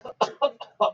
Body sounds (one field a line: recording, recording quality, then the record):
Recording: shallow voluntary cough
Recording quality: excellent, no background noise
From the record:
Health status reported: exposed to COVID-19, no respiratory illness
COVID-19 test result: not tested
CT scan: not taken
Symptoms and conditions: none ticked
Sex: male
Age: 63 years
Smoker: no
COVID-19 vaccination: both doses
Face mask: worn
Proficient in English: yes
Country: India